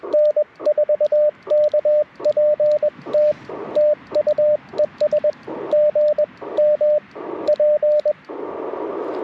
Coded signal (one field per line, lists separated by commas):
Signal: Morse code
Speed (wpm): 20 wpm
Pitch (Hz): 590 Hz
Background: radio noise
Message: N4KPT TU ES GM P